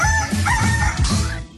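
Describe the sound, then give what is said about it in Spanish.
A rooster crows once, a loud, strained call that rises and falls over about a second and a half before trailing off, with a low rumbling layer underneath. It is the weekend rooster jingle of Radio Activa, a Colombian radio station. “El gallo de Radio Activa, fin de semana.”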